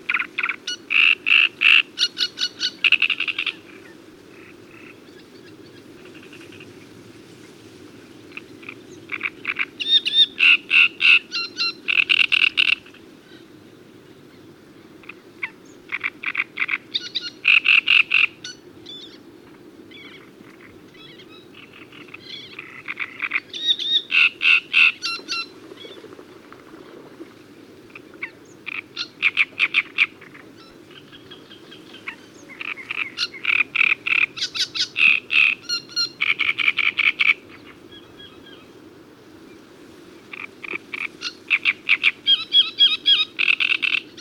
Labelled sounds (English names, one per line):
Great Reed Warbler song